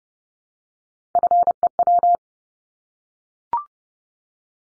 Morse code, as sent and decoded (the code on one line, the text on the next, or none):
..-. . .--
FEW